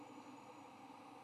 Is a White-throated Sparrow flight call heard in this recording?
no